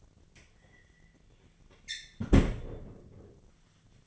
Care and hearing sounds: daily activity, microphone in the room; close fridge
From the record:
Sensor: 4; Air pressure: 1010.5 hPa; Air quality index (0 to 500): 178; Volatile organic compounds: 5 ppm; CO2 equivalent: 1806 ppm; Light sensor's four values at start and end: 26/79/31/31 and 32/95/37/37

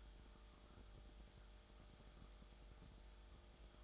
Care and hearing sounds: daily activity, microphone in the room; make coffee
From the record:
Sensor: 3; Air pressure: 1007.3 hPa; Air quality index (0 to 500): 54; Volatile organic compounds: 1 ppm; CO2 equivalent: 590 ppm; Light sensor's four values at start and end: 8/19/8/8 and 8/19/8/8

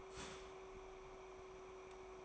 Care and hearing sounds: daily activity, microphone in the room; start toaster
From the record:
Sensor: 1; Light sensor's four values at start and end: 4/8/3/3 and 4/8/3/3

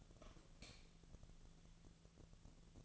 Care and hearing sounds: daily activity, microphone in the room; light off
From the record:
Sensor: 4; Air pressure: 1000.9 hPa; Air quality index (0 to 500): 125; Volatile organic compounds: 1 ppm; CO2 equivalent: 937 ppm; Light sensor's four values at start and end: 31/78/32/34 and 28/68/28/30

